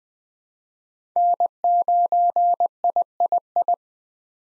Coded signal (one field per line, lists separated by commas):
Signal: Morse code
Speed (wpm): 20 wpm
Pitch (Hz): 700 Hz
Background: none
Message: N9III